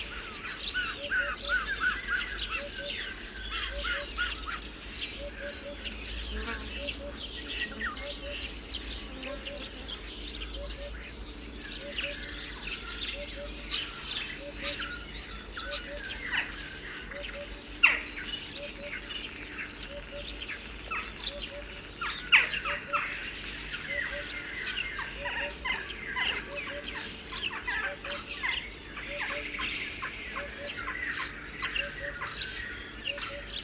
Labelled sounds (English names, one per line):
Western Jackdaw call